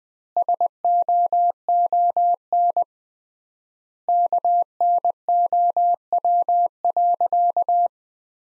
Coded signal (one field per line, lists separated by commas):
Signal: Morse code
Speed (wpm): 20 wpm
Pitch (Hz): 700 Hz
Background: none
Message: SOON KNOW.